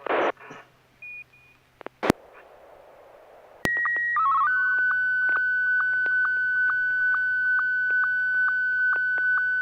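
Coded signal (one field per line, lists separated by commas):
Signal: SSTV (slow-scan television)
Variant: Martin 1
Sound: short stepping header tones, then a steady whistle with rapid regular ticks about twice a second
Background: radio static, squelch bursts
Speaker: So, Joel, AI6 Delta Golf, do you have a picture ready for us? Yes, I do. Here it is, Martin 1.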